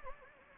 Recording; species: mosquito wingbeat signal from an infrared sensor; Anopheles gambiae